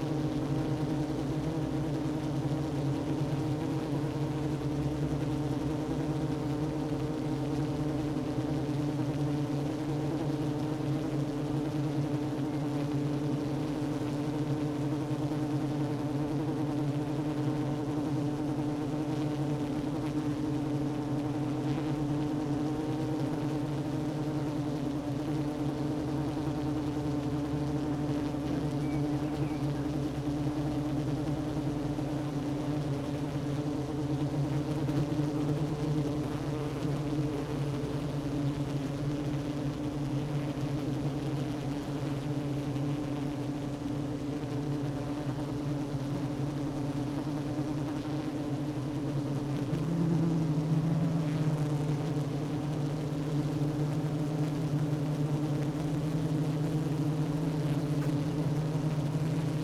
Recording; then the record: honeybee colony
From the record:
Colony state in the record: active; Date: 12 June 2018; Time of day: 10:45